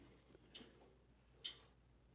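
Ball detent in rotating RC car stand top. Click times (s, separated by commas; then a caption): 0.6 s. The rotating top of an Eco Power RC car stand is turned with a heavy 1/7 scale Infraction car on it until its ball detent drops into the 45-degree notch. A small click is heard at 0.6 s, and the detent seats and locks in place under the car's weight. A second, sharper tick follows around 1.5 s.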